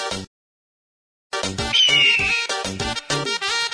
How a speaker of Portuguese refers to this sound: Pop Live no comando, minha águia dá o gritinho. Vai.